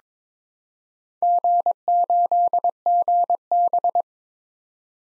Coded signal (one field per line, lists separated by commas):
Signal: Morse code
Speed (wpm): 22 wpm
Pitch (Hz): 700 Hz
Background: none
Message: G8GB